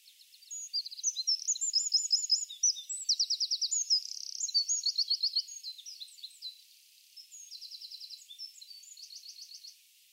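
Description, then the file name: Eurasian wren song: a loud, high, tumbling stream of rapid trills and sharp notes lasting several seconds, then, after a short pause, softer trills at the end. "Troglodytes troglodytes"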